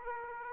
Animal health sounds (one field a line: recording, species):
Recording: mosquito wingbeat signal from an infrared sensor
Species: Aedes aegypti